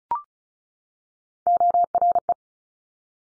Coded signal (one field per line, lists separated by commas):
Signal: Morse code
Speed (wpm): 36 wpm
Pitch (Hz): 700 Hz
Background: none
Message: ORE